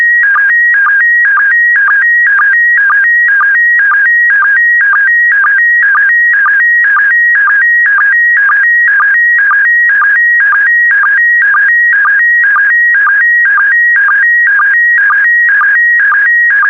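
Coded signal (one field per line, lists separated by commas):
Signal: SSTV (slow-scan television)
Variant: PD120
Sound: steady warbling tones alternating high and lower, with a short low blip twice per second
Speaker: complete you can now check your decoded image against the picture that is shown on the video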